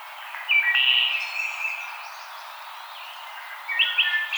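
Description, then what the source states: Wood thrush song: a rich flutelike phrase early, a quiet gap, then another bright ringing phrase near the end. Recorded 5 May 2007.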